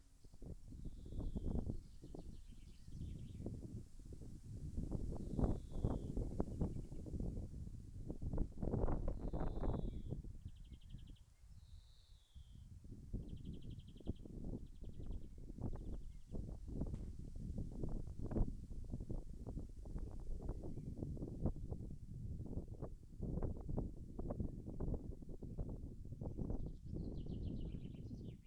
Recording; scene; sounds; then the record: everyday scene through a hearing-aid microphone; wind on the microphone; wind, birds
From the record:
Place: in front of a rural house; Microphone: behind the ear, left, front